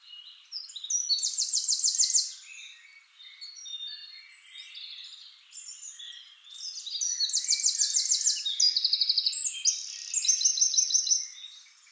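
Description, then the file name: Eurasian wren song: loud, rapid high trills in bursts near the start and again later, with softer twittering between. "Troglodytes troglodytes"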